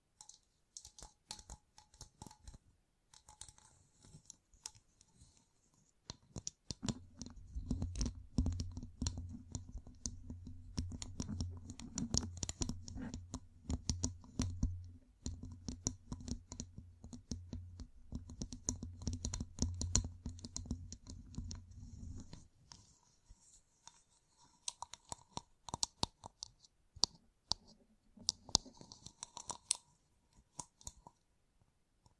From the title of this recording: Gem Covered Fingertips Tapping and Scratching